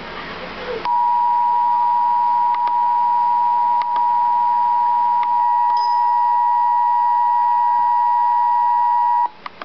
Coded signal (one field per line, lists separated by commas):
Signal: Emergency Alert System (SAME) tones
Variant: 853 and 960 Hz attention tone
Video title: Real EAS Alert # 21 - Tornado Warning